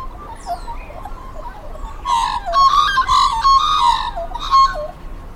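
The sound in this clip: Magpie calling: a faint high whistle, then from about two seconds a loud burst of rich, fluting and warbling notes with harsh overtones.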